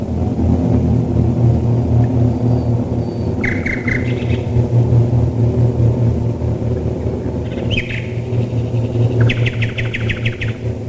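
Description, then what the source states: Common nightingale song of short phrases, including a fast run of repeated notes, over a constant deep engine drone from aircraft. Nightingales singing while bombers fly overhead, recorded in 1942.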